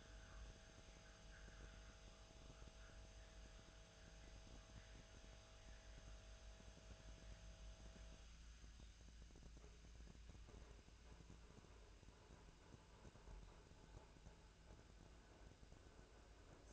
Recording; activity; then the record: daily activity, microphone in the room; make coffee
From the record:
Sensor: 2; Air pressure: 1009.2 hPa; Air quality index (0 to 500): 187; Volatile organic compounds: 11 ppm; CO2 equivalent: 2321 ppm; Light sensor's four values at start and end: 24/59/25/28 and 23/58/24/27